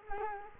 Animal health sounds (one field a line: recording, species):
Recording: mosquito wingbeat signal from an infrared sensor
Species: Culex quinquefasciatus